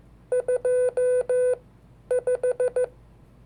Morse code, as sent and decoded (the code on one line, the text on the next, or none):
..--- .....
25